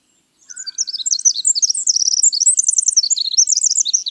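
Winter wren song: a long, rapid, bubbling stream of very high trills and tinkling notes that runs on without pause, with a thin, faint whistle at the start.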